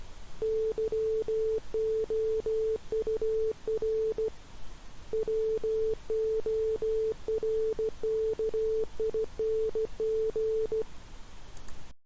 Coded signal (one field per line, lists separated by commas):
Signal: Morse code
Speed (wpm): 15 wpm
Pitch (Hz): 440 Hz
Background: none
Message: YOUR WORKING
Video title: Alfabet Morse'a